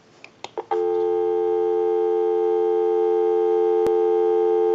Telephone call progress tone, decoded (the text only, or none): dial tone